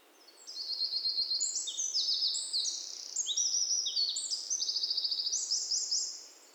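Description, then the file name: Eurasian wren song, a vigorous six-second burst of piercing notes and quick trills ending in a fast rattle before silence. "Troglodytes troglodytes"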